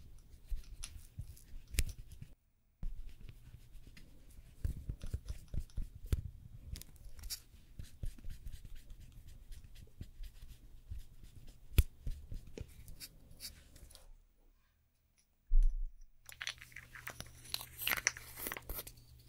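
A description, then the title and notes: Quiet nail work: dense scratchy filing and soft tapping clicks, with two brief silent pauses near 2 and 15 seconds. ASMR Doing Your Nails Nail Extension & Gel Nail (No Talking).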